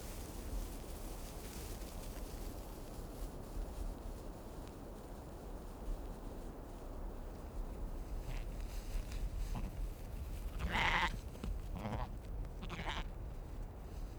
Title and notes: Moutons de Kallur LightHouse Féroé, 959Q+87 Trøllanes, Îles Féroé. Ces Moutons sont nombreux sur les versants qui conduisent au Phare de Kallur, et quel bonheur dans ce vent fort!!! Un bout du monde, perché en vigie au nord de Kalsoy, une des Iles des Féroé